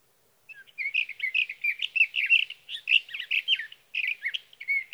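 Sage thrasher warbling busily, a rush of varied chirping phrases and rising and falling slurs across about four and a half seconds.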